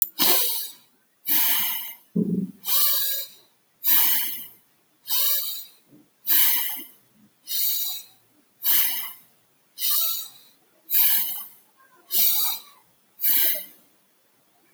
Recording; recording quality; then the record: deep breathing; excellent, no background noise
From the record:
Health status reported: exposed to COVID-19, no respiratory illness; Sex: male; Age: 42 years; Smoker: no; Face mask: not worn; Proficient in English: yes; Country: India